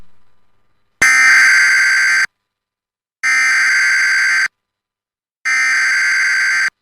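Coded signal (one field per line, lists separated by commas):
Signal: Emergency Alert System (SAME) tones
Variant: header bursts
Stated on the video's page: Flash Flood Warning for Puerto Rico.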